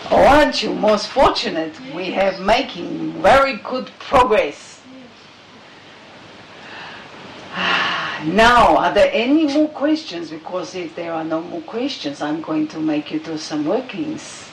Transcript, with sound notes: Oh aren't you most fortunate! We have making very good progress. (takes a deep breath into the body) Now are there any more questions, because if there are no more questions I am going to make you do some workings.